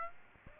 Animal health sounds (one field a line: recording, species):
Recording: mosquito wingbeat signal from an infrared sensor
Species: Aedes aegypti